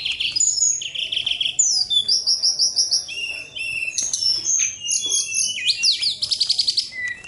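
Bird song of sweet, piercing whistles alternating with rapid buzzy trills and descending slurs, continuous and lively throughout.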